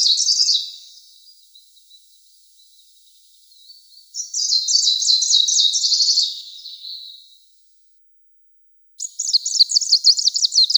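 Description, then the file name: Greenish warbler giving three rapid, high, buzzy-chirping song phrases separated by pauses of a couple of seconds, each a dense tumble of sharp notes. "Penochka zelenaja"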